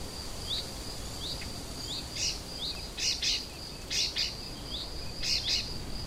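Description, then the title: Icterine warbler producing spaced upslurred chirps and paired scratchy buzzy bursts, a thin continuous high whine and broad background hiss. Kirchdorf, Germany. "Kirchdorf, Deutschland - Gelbspötter"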